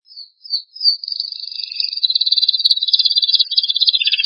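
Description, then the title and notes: Bird song opens with a few short high whistles, then runs into a fast, even, buzzy trill that holds at one high pitch and ends with lower chirps. Bird songs from Indonesia. "Kicau Burung Indonesia"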